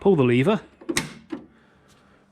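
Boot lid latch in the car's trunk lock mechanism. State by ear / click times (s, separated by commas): partly seated / 1.0 s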